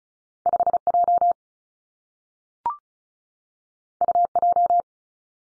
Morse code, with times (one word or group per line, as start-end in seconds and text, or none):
0.5-0.8 5
0.9-1.3 J
4.0-4.3 U
4.4-4.8 J